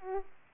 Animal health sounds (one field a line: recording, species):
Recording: mosquito wingbeat signal from an infrared sensor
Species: Aedes aegypti